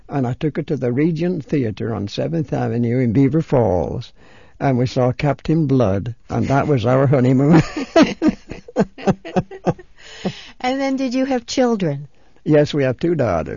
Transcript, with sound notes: And I took her to the Regent Theater on Seventh Avenue in Beaver Falls, and we saw Captain Blood, and that was our honeymoon. ( they laugh )
And then did you have children?
Yes, we have two daughters.